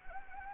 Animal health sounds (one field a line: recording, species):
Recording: mosquito wingbeat signal from an infrared sensor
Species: Anopheles gambiae